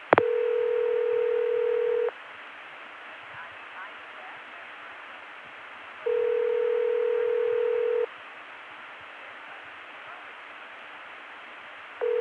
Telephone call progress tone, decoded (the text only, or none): ringback tone